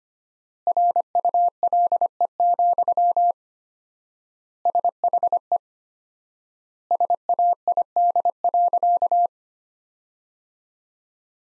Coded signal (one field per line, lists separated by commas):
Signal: Morse code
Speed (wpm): 25 wpm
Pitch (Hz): 700 Hz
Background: none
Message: RULE, SHE SAID.